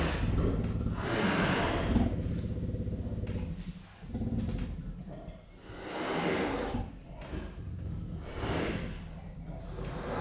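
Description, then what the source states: Leopard giving deep, breathy rasping sounds, a series of harsh sawing exhalations at uneven intervals of about two seconds. Captive, at Jászberény Zoo, 2015.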